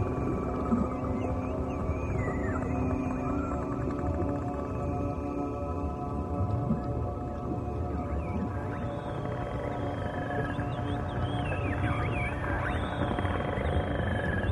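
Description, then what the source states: Dolphin calls: scattered high whistled glides and wavering contours spread throughout, beneath a constant bed of droning meditation music. Dolphin sounds used in a meditation music track.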